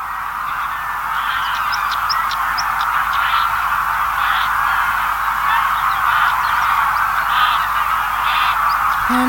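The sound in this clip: Greylag goose flock honking continuously, with many overlapping calls.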